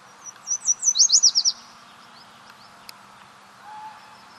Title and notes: This Yellow Warbler (Dendroica petechia) was singing repeatedly while foraging in a salmonberry thicket along Lincoln Street early in the morning on 24 May 2010.